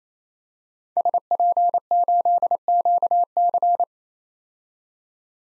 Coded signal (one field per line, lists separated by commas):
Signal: Morse code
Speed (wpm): 28 wpm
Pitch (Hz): 700 Hz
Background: none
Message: SP8QC